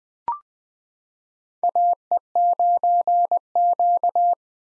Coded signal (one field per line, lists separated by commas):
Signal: Morse code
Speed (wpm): 21 wpm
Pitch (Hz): 700 Hz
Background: none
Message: AE9Q